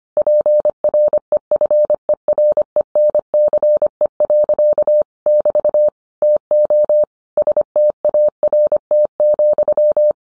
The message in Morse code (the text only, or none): PREFERENCE. <BT> TO START,